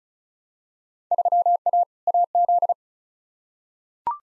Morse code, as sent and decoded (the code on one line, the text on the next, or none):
...-- .- / .- --..
3A AZ